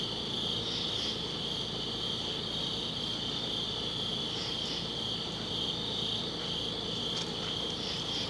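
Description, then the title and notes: Crickets keep up a dense continuous trill while paired higher chirps recur every few seconds against a soft low hum. Crickets outdoors at a summit at dusk. "Ext. Summit Crickets, Dusk by Bandeto"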